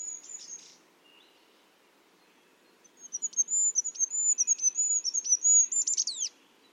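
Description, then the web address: Bird song: a short high thin phrase, a pause, then a long rapid run of very high sharp notes that rises in loudness and ends in quick downward sweeps. "cianscape. Deverinetal 2025. Bird Only"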